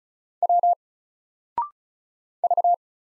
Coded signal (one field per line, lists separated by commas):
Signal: Morse code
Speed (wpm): 36 wpm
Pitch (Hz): 700 Hz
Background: none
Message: W V